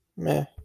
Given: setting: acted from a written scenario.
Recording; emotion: vocal sound without words; neutral